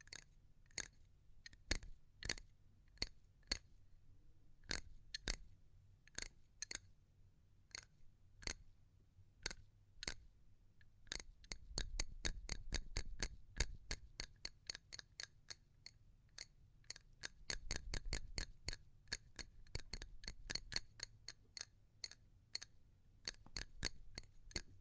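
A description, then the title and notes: Sharp, crisp tapping clicks, slow and spaced at first, then a fast dense run from about 11 to 19 seconds, over a low rumble. ASMR Pure Tapping Fast and Slow (No Talking).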